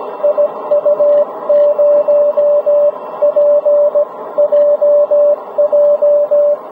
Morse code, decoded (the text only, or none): IU0PJJ